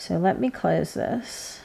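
Someone talks while handling a 16-gauge metal jump ring with pliers, getting ready to push its cut ends together until they meet. No click is heard, and the ring's ends have not yet snapped closed.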